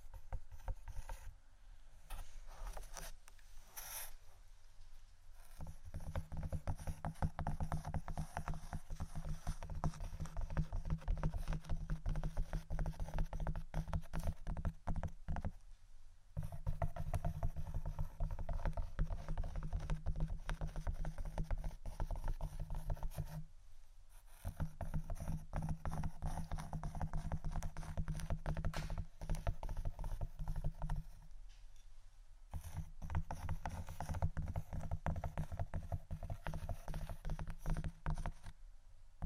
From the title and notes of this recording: ASMR Tapping & Scratching Wooden Items（No Talking）.